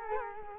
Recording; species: mosquito wingbeat signal from an infrared sensor; Culex quinquefasciatus